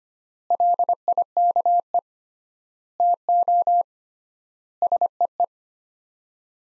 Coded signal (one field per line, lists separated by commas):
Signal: Morse code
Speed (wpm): 25 wpm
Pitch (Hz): 700 Hz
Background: none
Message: LIKE TO SEE